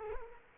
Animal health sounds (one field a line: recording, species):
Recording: mosquito wingbeat signal from an infrared sensor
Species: Culex quinquefasciatus